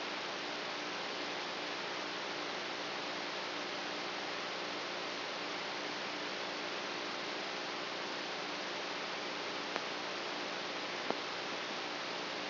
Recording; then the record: brain microelectrode recording played as sound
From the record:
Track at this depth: outside the subthalamic nucleus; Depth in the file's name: -0.909 mm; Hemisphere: right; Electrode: 3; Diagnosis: Parkinson's disease